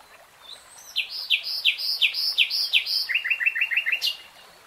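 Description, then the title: Nightingale song: a run of loud, sharply down-slurred notes about three a second, then a quicker, lower burst of repeated notes ending in a harsh click. Real-time recording, not slowed. "[Tiếng chim hót] 3 Hours REALTIME Nightingale Singing"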